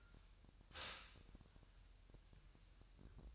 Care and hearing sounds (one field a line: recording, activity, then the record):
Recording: daily activity, microphone in the room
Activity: stop toaster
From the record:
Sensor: 2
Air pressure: 1001.9 hPa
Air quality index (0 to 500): 246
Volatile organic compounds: 38 ppm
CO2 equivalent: 3107 ppm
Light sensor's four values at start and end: 9/30/12/11 and 9/30/12/11